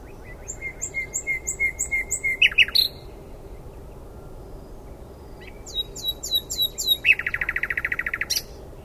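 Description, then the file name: Common nightingale song starting with soft repeated piping notes that swell in volume, then a set of slurred whistles and a fast, dense rattling trill. "Luscinia megarhynchos"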